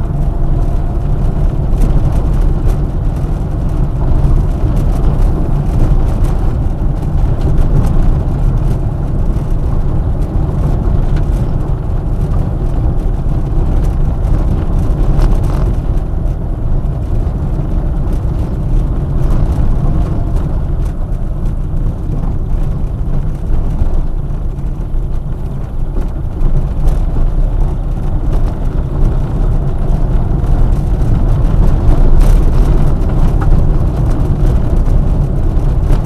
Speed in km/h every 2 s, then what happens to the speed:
31, 31, 31, 34, 35, 34, 33, 32, 28, 26, 22, 17, 22, 28, 34, 35, 33, 32.
0-13 steady at about 33. 13-21 slows to 17. 21-29 speeds up to 35. 29-36 steady at about 33.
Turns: none.